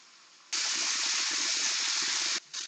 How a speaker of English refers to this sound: Up next, we have the tap water running.